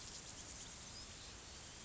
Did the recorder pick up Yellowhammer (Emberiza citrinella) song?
no